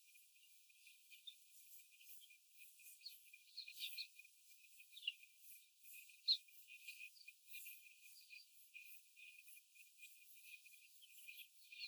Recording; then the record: young laying hens in a cage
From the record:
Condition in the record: before the stressor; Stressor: simulated dog barking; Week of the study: 4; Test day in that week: 1